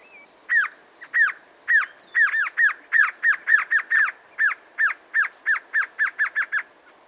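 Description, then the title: Glossy antshrike delivering a long series of many down-curving notes, spaced at first and then coming faster. Nominate subspecies Sakesphorus luctuosus luctuosus. "LuckyPassaro Completos2Sama. Glossy Antshrike"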